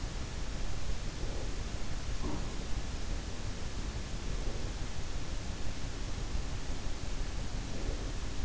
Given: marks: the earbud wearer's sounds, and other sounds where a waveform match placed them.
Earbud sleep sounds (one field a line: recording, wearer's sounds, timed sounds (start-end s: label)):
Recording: sounds in sleep by an in-ear microphone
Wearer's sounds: breath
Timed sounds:
1.02-2.61 s: breath
4.29-5.19 s: breath
7.52-8.45 s: breath